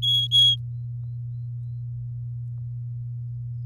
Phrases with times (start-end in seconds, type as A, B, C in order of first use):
0.02-0.56 A